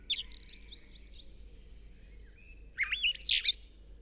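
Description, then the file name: Eurasian blackbird song: a brief high squeaky flourish, a pause, then a mellow whistled note leading into shrill rapid twitters near the end. "Turdus merula"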